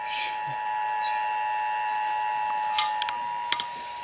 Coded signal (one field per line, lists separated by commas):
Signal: Emergency Alert System (SAME) tones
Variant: 853 and 960 Hz attention tone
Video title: DO YOU KNOW THE EAS REQUIRED TESTS EVERYWHERE...EAS Alerts from 8/2/23 8/9/23 (EAS#457 & #469)